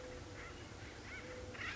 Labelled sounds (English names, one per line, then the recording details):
Acorn Woodpecker
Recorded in Sonoma County, California